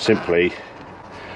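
Someone talks briefly while handling the fuel tank vent hose connector at the pipe during an alternator change on a Mini One or Cooper, R50 or R52, 1.4 or 1.6 litre, with quiet background after the speech. The connector is meant to be pushed up until it clicks onto the pipe, but nothing has seated or clicked yet.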